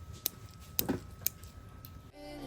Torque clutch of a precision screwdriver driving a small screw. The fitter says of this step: Can you hear this? When the torque exceeds a certain level, it makes a clicking sound and spins idly .